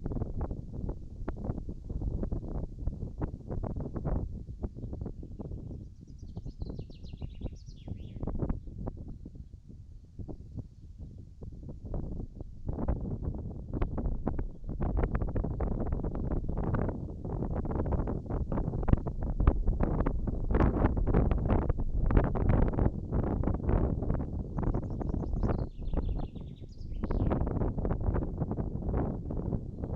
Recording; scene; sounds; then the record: everyday scene through a hearing-aid microphone; wind on the microphone; wind, birds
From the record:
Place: in front of a rural house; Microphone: in the ear canal, right